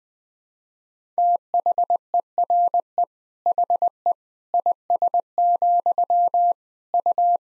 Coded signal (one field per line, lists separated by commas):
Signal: Morse code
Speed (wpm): 20 wpm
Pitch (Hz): 700 Hz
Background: none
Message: THERE HE IS, U